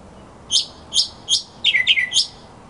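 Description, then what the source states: Mockingbird song: three separate high chirps, followed by a quick cluster of several slurred notes. Recording used as a master song for training other birds.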